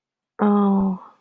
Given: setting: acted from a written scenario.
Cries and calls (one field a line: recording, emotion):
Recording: vocal sound without words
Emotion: sympathy